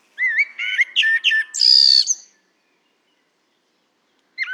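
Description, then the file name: Common blackbird song: a mellow fluted warble sliding around, ending in high squeaky twittering, then silence before another phrase begins at the very end. "Turdus merula"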